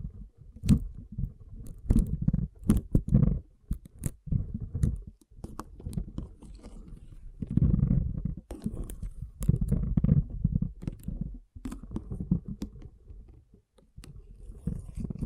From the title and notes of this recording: ASMR Soothing & Deep Water Beads Sounds (No Talking).